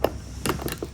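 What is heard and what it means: The hose end of a Patoolio W6 pressure washer is pushed into the spray gun's quick-connect fitting and then pulled back out. A sharp snap at 0.05 s marks the hose seating in the fitting, followed by a cluster of softer clicks and rattles from about 0.5 to 0.8 s as it is released and pulled free. The hose is confirmed to snap into place and come back out cleanly.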